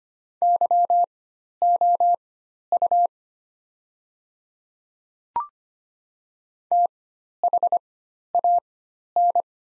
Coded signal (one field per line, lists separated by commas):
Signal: Morse code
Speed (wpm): 25 wpm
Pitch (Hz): 700 Hz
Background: none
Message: YOU THAN